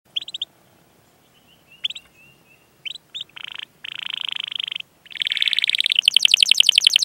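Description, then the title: Domestic canary song beginning with short scattered chirps and soft whistles, then building into sustained buzzy rolls and a loud, rapid high trill at the close. Canary singing actively with elaborate song phrasing. "Kenari Gacor Cengkok Terbaik Isian Paling Mewah"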